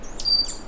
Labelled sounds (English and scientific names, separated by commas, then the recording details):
Stitchbird (Notiomystis cincta) song
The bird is a male
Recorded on Tiritiri Matangi Island, New Zealand, in 2005
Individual 1, of nest box 1